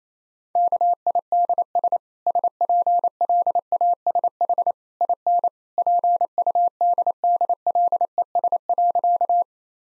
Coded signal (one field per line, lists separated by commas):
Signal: Morse code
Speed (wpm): 28 wpm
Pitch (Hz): 700 Hz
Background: none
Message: KIDS SPLASH IN PUDDLES.